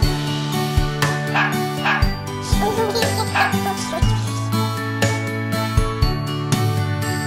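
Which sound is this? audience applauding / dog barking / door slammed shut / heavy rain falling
dog barking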